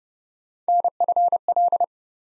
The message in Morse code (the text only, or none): NFL